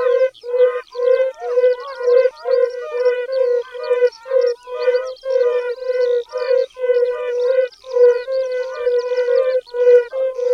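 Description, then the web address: Yellow-bellied toad calls: a regular stream of brief, muted, musical notes, about two each second. "Tajemnice puszczy Kumak gorski"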